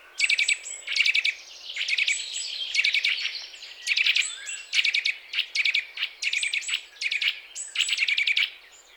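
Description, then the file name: Eurasian nuthatch calls: quick clusters of sharp, ticking notes in an excited, chattering sequence. "Sitta europaea"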